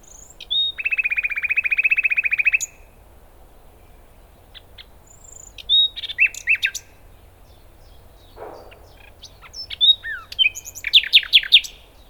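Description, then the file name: Common nightingale song, opening with a long steady buzzy rattle, then silence, later bursts of sharp whistles and chirps; a soft thud midway. "Luscinia megarhynchos"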